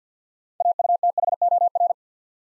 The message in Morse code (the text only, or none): AUTHOR